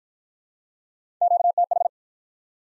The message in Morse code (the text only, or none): QTH